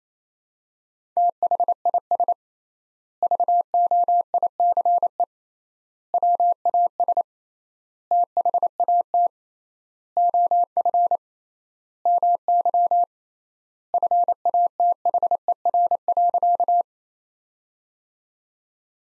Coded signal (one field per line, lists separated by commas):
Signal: Morse code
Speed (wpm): 28 wpm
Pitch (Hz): 700 Hz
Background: none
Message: THIS VOICE WAS THAT OF MY FATHER.